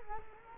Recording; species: mosquito wingbeat signal from an infrared sensor; Culex quinquefasciatus